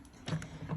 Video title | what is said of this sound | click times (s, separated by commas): Brother PT-D400 label maker: Setup LCD, Set Language., Unit of Measure, Inserting and Feeding Tape. | set it in facing me we're going to push lightly until we hear that click | 0.4 s